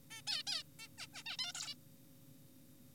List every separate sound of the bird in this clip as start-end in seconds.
0.11-0.21, 0.27-0.43, 0.47-0.63, 0.79-0.88, 0.98-1.07, 1.14-1.23, 1.26-1.37, 1.39-1.52, 1.55-1.75